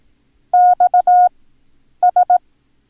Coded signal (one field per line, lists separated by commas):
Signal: Morse code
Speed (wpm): 18 wpm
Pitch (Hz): 720 Hz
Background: none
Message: XS